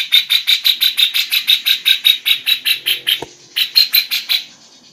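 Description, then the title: Grey-cheeked Bulbul calling in a quick series of harsh, rhythmic notes, a click and short pause after three seconds, then a few more notes fading out. Female. "Cucak Jenggot Betina"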